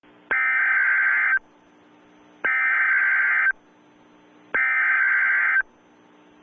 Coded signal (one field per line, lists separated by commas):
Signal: Emergency Alert System (SAME) tones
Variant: header bursts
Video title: EAS| Pinakmena Cupcake